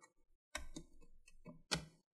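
A guitar pick is pushed in between the plastic bottom and top covers of an HP x360 14 cd laptop and twisted to pry the snap clips apart. Sharp plastic clicks ring out at 0.6 s and 1.7 s, with softer ticks and scraping in between. The bottom cover clips release from the top cover.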